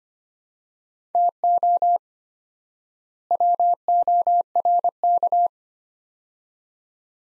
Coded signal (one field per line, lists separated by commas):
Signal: Morse code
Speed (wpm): 25 wpm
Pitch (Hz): 700 Hz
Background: none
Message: TO WORK